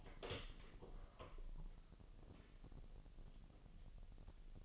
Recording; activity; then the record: daily activity, microphone in the room; open door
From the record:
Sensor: 4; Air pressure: 1002.0 hPa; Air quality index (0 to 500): 249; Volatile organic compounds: 41 ppm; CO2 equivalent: 3171 ppm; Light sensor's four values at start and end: 9/21/8/7 and 9/20/8/7